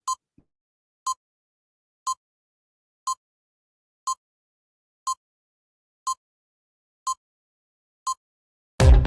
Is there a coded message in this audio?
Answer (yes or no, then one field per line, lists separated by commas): no